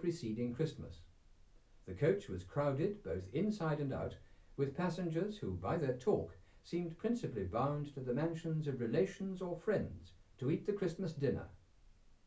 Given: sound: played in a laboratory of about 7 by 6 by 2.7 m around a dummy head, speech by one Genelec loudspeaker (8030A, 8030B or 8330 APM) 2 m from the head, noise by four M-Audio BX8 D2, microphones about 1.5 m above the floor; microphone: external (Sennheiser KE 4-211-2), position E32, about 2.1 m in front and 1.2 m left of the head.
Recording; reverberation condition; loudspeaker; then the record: male speech in English; low; 150 degrees to the right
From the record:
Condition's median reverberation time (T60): about 310 ms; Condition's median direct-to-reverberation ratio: about 3.5 dB